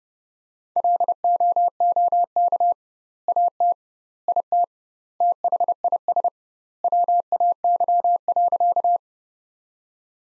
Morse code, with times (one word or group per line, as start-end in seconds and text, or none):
0.8-2.7 LOOK
3.3-3.7 AT
4.3-4.6 IT
5.2-6.3 THIS
6.8-9.0 WAY.